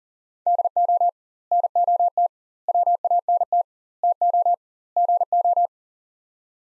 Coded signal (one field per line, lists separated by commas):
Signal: Morse code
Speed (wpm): 39 wpm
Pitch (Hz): 700 Hz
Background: none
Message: DO NOT WANT TO GO